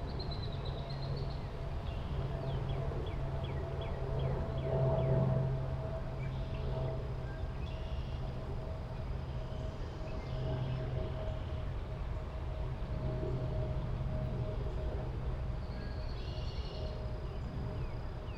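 Outdoor ambience at the Wilma H. Schiermeier Olentangy River Wetland Research Park: a steady low rumble, a persistent hum, and scattered bird chirps.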